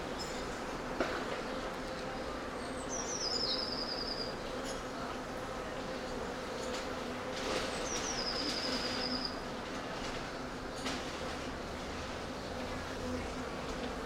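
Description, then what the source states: Humming bee buzz in the background, overlaid by two high, rattling bird trills a few seconds apart and occasional clicks. Bees in a city park.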